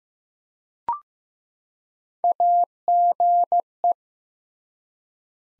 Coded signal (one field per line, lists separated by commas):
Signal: Morse code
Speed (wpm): 15 wpm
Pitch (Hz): 700 Hz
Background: none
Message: AGE